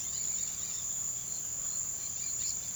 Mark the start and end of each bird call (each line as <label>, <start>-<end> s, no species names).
bird call, 0.00-0.90 s
bird call, 1.25-2.54 s